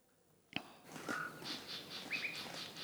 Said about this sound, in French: vient très tôt le matin pour enregistrer les oiseaux et il fait encore noir.